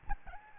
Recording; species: mosquito wingbeat signal from an infrared sensor; Aedes albopictus